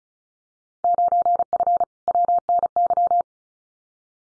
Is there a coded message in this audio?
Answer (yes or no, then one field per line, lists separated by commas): yes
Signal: Morse code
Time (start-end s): 0.8-3.2 s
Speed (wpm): 34 wpm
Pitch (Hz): 700 Hz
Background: none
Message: 9F WNY